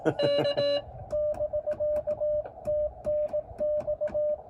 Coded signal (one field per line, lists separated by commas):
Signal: Morse code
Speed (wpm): 17 wpm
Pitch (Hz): 590 Hz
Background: none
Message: K <BK> TNX